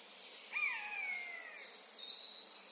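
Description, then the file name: Eurasian jay with one drawn-out, descending mew that tails off slowly, over faint high-pitched chirping from other birds. "Garrulus glandarius"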